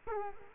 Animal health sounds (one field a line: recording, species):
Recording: mosquito wingbeat signal from an infrared sensor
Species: Culex quinquefasciatus